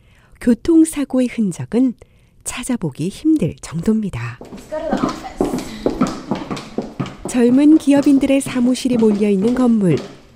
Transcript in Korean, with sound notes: 교통사고의 흔적은 찾아보기 힘들 정도입니다.
[현장음: 쿠바 인스파이어즈 사무실]
젊은 기업인들의 사무실이 몰려있는 건물,